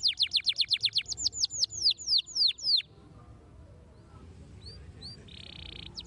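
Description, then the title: Canary song: a rapid run of high, downward-sweeping whistled notes repeated several times a second, then a quieter stretch with a few faint chirps and a steady trill. Belgian canary song played to make young canaries active and singing. "Canto Para Esquentar Canário Belga. RANGSANGAN SUARA BURUNG KENARI GACOR - BIKIN KENARI MUDA JADI AKTIF BUNYI DAN BERKICAU"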